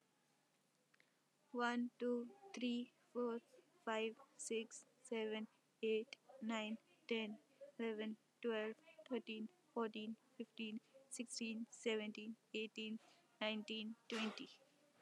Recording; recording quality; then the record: counting at a normal pace; excellent, no background noise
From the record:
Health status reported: healthy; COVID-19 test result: negative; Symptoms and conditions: none ticked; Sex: female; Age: 19 years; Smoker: not ticked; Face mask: worn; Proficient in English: yes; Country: India